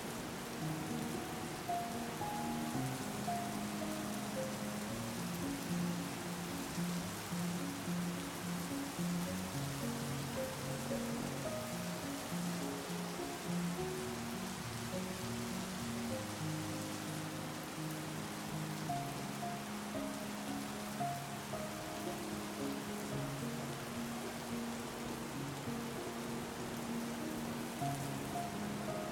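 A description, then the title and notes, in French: A soothing melody plays over the soft sound of rain. Slow, sustained low and mid notes shift gently in long held tones, with a few brighter notes floating above, while a steady, even hiss of rainfall fills the background throughout. L'alliance parfaite d'une mélodie apaisante et du doux son de la pluie.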